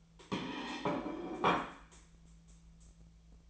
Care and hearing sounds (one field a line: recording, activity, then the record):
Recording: daily activity, microphone in the room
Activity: place plate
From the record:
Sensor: 1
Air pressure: 1009.4 hPa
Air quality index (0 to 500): 195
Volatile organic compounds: 20 ppm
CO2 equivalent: 2674 ppm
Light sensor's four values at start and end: 27/70/29/34 and 28/71/29/35